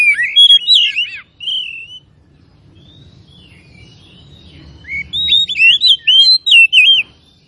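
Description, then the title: Oriental magpie-robin song: loud, varied whistled phrases with rising and falling slurs, a burst at the start and another after a quiet gap near five seconds; faint low hum beneath. Singing actively and in full voice; local variety called Tretes. "Kacer Tretes Gacor"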